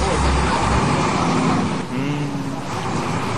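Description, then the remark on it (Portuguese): Steady, loud roar of street traffic in the rain, with vehicle engines droning continuously and a brief dip midway, while faint voices murmur underneath. “Que legal, tá chovendo, o trânsito tá ótimo, eu consegui chegar a tempo.”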